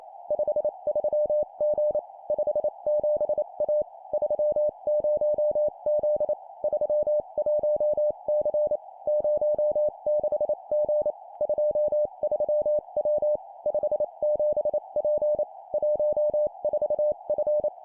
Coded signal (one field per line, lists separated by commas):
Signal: Morse code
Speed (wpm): 28 wpm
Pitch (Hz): 600 Hz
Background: none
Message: 53G 57A 30Z 31C 06G 23W 57P 14F